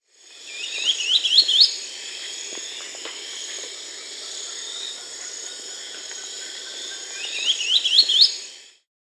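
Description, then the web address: Wedge-billed woodcreeper song: a short series of high, rising chirps that climb in steps, given twice about seven seconds apart over a steady buzzing insect chorus. Recorded in the Peruvian Amazon. "Natures Songs S America Birds of the Amazon 2. Wedge-billed Woodcreeper (Glyphorynchus spirurus), Peru"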